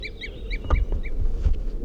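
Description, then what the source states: Crossbill toop calls: a handful of brief, clipped notes in quick succession, with a few dull knocks. Crossbill tooping at the edge of a clearing, bird seen silhouetted, around 8:28 p.m.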